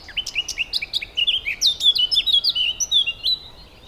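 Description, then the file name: Eurasian blackcap song, a continuous fast stream of varied warbling and fluting notes with sharp high accents, lasting almost the whole time. "Sylvia atricapilla"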